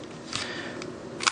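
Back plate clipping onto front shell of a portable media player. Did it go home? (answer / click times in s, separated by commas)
yes / 0.4 s, 0.8 s, 1.3 s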